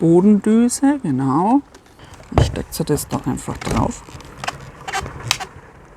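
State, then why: Seated. Someone talks, then handling sounds follow as the plastic floor nozzle of a Sifuplex VSF13 cordless stick vacuum is pushed onto the vacuum tube. A sharp click at 5.3 s marks the nozzle seating on the tube.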